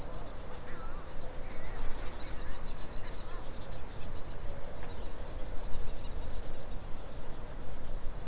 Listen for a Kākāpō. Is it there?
no